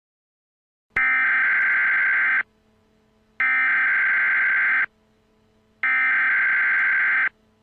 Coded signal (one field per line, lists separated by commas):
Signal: Emergency Alert System (SAME) tones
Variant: header bursts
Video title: EAS Scenario: New Years DOOM